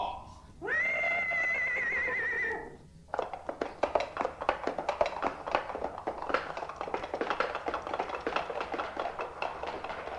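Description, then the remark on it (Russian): An animal lets out a loud, wavering, high-pitched neigh lasting about two seconds, followed by a long, rapid, irregular barrage of sharp thumping blows as it is angrily beaten on its flanks. “Бедное животное. Весь гнев свой выместил на его боках.”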